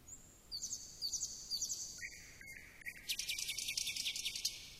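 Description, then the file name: Common nightingale song: a thin high whistle, then clipped notes repeated about twice a second, ending in a rapid high rattling trill, with background hiss. "Slowik"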